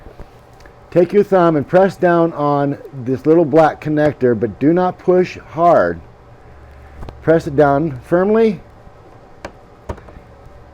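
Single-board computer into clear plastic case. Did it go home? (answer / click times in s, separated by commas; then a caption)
yes / 9.4 s, 9.9 s. A Raspberry Pi 2 Model B single-board computer is pressed down firmly into its clear plastic case while someone talks. Two sharp snaps are heard at 9.5 s and 9.9 s as the case's retaining clips close over the board on both sides, seating it in the case.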